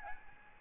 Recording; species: mosquito wingbeat signal from an infrared sensor; Aedes albopictus